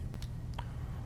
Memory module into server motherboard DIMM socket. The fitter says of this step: and press it in until it clicks into place.